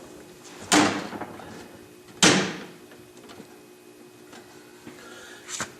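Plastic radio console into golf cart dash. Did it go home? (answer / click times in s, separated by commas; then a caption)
yes / 2.2 s. The other side of a plastic radio console is pushed into the frame of a DS golf cart dash. A sharp plastic knock at about 0.7 s is followed by a loud pop at 2.2 s as the second side seats in place, then faint handling rustles. Both sides of the console are now popped into the dash.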